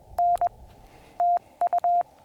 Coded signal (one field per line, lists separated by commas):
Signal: Morse code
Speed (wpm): 21 wpm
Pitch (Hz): 700 Hz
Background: none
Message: N TU